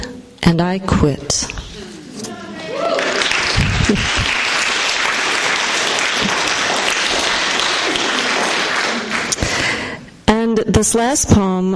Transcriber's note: applause